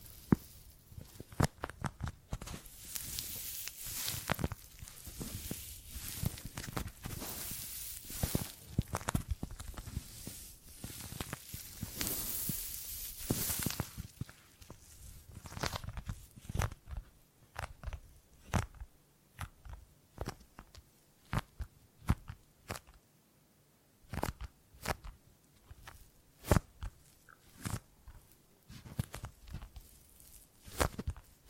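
Gripping and grabbing sounds: a rapid string of sharp clicks, crunches and rustling handling noises. For the first fifteen seconds the grabs come thick and bright with hissy scraping between them; afterward they thin into separate snaps and knocks with quiet gaps.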